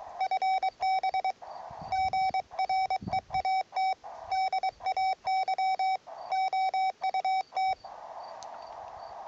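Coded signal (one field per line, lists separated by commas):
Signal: Morse code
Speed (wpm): 23 wpm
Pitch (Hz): 760 Hz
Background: none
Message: FB GREAT DAY OUT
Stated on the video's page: QRP CW portable operation on 80 meters.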